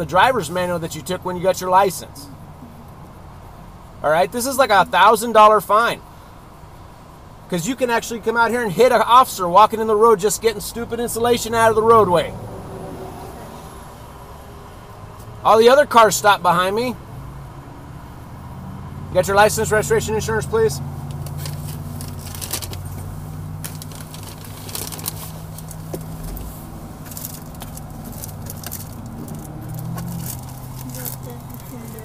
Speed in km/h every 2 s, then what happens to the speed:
0, 0, 0, 0, 0, 0, 0, 0, 0, 0, 0, 0, 0, 0, 0, 0.
0-32 standing.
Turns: none.